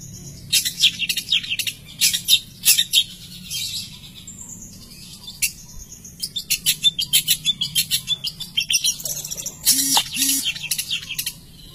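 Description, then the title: Long-tailed shrike singing a scratchy, harsh chatter of rapid clicks and rasps, broken by brief pauses and ending in a quick stuttering series. "Cendet"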